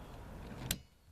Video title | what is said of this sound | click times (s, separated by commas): Wiper Blade Replacement Jeep Patriot 2009 | it snaps and there you have it's in and | 0.7 s